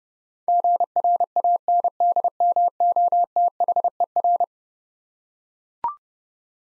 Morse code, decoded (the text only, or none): GRANDMOTHER